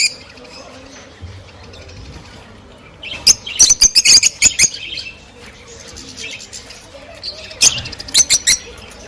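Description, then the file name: Rosy-faced lovebird chirps: two bursts of sharp, high, rapid squeaky notes around four and eight seconds, separated by quieter soft chattering. Singing and chirping described as beautiful and cheerful. "krasivoe i veseloe penie i chirikane rozovoshhekih nerazluchnikov"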